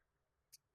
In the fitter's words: यह लॉक हो गया है।